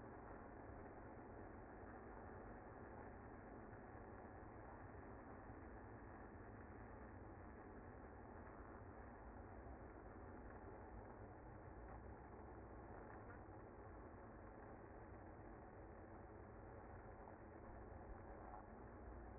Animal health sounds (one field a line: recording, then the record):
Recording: honeybee colony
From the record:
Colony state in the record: active